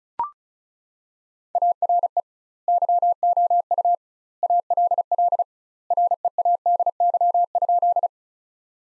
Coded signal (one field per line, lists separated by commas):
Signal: Morse code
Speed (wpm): 34 wpm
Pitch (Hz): 700 Hz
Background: none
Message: ARE YOU ALL READY?